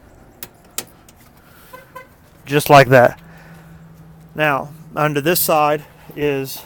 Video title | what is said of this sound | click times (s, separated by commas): Paddle King Lo Pro Angler delivery walk around | snap into place just like | 0.4 s, 0.8 s